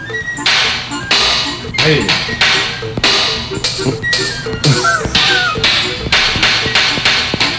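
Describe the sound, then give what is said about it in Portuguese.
A neighbor practicing on a drum kit at his house, recorded on a phone: loud, busy drumming with repeated crashing cymbal hits and rapid snare and tom strikes in an uneven, clattering rhythm, played continuously with no voices. “Eu gravei, fiz questão de gravar aqui no meu telefone um momento do meu vizinho ensaiando lá na sua casa.”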